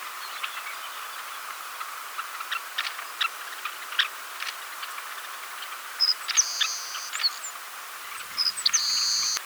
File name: Red necked phalarope